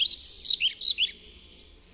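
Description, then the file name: European pied flycatcher singing a quick run of high, thin notes, then a longer, higher note trailing off. "MUCHOLOWKAZALOBNA"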